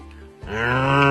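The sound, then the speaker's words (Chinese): A single low, droning ox lowing, voiced by a person as an old yellow ox in a 2018 Beijing Literature and Arts Radio drama, starts after a brief pause and swells into a long, steady, buzzing moo that grows louder toward the end. “忽然啊，就听见老黄牛在说话，似真似梦啊。”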